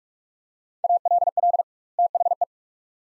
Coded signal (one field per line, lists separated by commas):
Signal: Morse code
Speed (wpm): 46 wpm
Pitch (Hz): 700 Hz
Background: none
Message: ALL THE